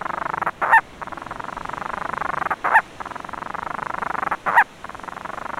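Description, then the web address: Monteiro's storm petrel giving a steady pulsed purring that breaks about every two seconds for a brief, higher squeaky note, three times in all. "aves-marinhas painho-monteiro"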